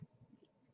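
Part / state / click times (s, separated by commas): plastic head cover going back onto a toy doll's head over the battery compartment / seated / 0.4 s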